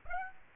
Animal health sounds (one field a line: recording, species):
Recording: mosquito wingbeat signal from an infrared sensor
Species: Aedes aegypti